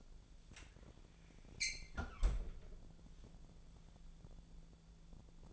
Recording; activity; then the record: daily activity, microphone in the room; close fridge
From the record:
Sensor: 5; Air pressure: 1000.2 hPa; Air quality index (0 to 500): 103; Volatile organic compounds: 1 ppm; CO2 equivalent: 830 ppm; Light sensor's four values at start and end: 234/556/237/260 and 231/546/233/255